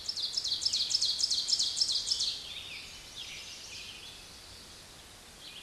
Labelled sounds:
Ovenbird (Seiurus aurocapilla) song

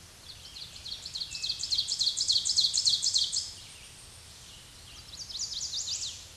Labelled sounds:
Ovenbird (Seiurus aurocapilla) song

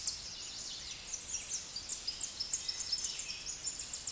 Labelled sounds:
Tennessee Warbler (Leiothlypis peregrina) song

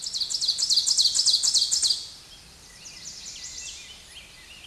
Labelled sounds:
Ovenbird (Seiurus aurocapilla) song

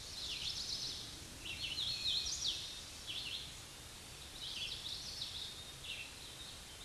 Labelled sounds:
Hooded Warbler (Setophaga citrina) song

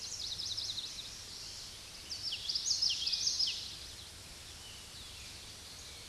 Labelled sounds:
Common Yellowthroat (Geothlypis trichas) song

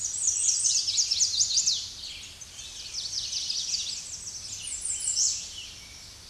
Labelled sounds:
American Redstart (Setophaga ruticilla) song

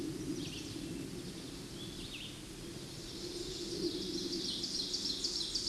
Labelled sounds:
Red-eyed Vireo (Vireo olivaceus) song

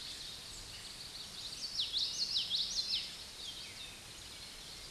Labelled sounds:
Common Yellowthroat (Geothlypis trichas) song

